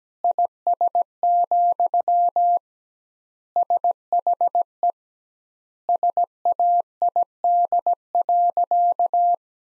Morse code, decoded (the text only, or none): IS, SHE SAID.